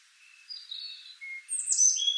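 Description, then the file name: European robin song: a few thin, high drawn-out notes, then a brief burst of sharp, sliding, very high twittering near the end. "Erithacus rubecula"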